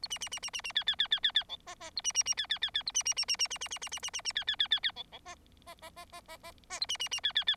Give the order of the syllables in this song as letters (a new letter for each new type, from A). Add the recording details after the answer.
A B B B B B B C C C C C C D E E A B B B C C C C A B B B B B B B B B B B B B C C C C C D D E E E E E E E E A B B B C C C. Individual Bird4